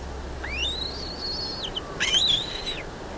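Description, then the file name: Black-breasted buzzard producing two long drawn-out whistles, each rising then holding high before falling, the second slightly louder and rougher at its start. "Hamirostra Melanosternon"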